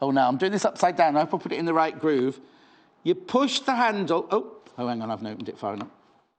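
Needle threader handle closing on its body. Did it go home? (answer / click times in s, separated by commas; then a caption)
no / none. Someone talks while handling a hand needle-threading tool whose mechanism has accidentally been opened, with thread going into the groove before the handle is pushed closed on its body. Nothing has clicked or closed yet within the clip; only talking is heard.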